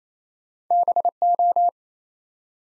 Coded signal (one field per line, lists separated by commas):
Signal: Morse code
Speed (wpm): 27 wpm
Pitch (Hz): 700 Hz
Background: none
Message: BO